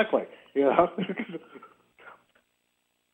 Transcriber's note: laughs